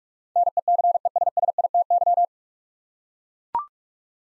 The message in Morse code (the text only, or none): NECESSITY